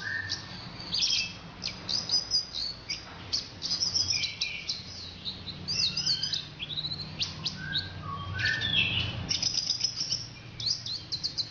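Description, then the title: Orange-headed thrush delivering a dense, continuous stream of high chattering notes and short whistled phrases, busy and varied throughout, with a low hum underneath. "Anis Merah"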